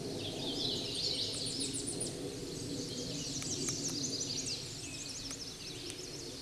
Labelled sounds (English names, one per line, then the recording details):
Tennessee Warbler song
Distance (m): 20 m
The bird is about 15 m above the microphone
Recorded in a Pennsylvania forest on 16 May 2024 at 09:46
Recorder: AudioMoth, point MSD-1401
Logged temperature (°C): 16.4 °C
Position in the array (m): 74 m, 178 m